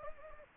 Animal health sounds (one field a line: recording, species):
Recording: mosquito wingbeat signal from an infrared sensor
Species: Anopheles gambiae